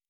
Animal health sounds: hydrophone in a shrimp aquaculture tank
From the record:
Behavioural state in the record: normal

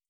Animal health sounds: hydrophone in a shrimp aquaculture tank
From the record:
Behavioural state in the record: starved

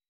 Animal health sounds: hydrophone in a shrimp aquaculture tank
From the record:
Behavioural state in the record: weakened

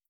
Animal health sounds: hydrophone in a shrimp aquaculture tank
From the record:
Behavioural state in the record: starved

